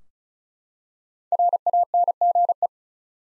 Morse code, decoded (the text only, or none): RANGE